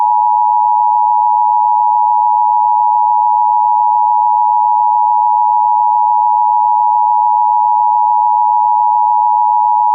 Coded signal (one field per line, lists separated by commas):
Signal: Emergency Alert System (SAME) tones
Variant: 853 and 960 Hz attention tone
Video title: EAS Met Office Yellow Rain Warning For Sunday 27th May & Monday 28th May (Morning) (HD) (EAS #17)